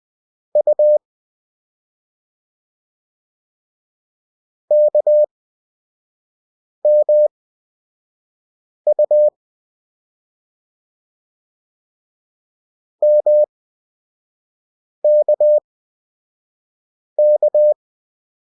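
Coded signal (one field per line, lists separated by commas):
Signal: Morse code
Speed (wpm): 20 wpm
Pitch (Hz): 600 Hz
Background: none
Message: U KMU MKK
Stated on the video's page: Beginner Morse practice of the characters K, M and U with Farnsworth timing, 5 WPM effective speed at 20 WPM character speed.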